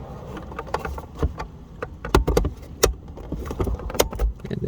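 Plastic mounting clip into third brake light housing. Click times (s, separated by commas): 2.8 s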